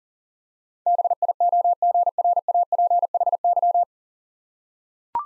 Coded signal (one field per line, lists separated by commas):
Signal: Morse code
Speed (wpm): 43 wpm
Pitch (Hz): 700 Hz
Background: none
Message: BIOGRAPHY